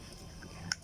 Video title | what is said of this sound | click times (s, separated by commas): รอกเบทท้าย silstar | ล็อคอ่าต้องล็อค | 0.7 s